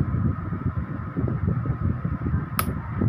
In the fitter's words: Yun, nag-lock na siya.